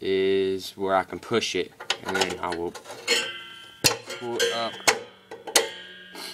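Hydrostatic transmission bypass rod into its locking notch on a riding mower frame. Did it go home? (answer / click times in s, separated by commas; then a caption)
yes / 5.6 s. Someone talks while pushing the hydrostatic transmission bypass rod on a riding mower into position, then pulling it up. At 5.6 s it snaps into its locking notch on the mower frame with a sharp metallic click, and the rod is locked in place so the mower can now be driven.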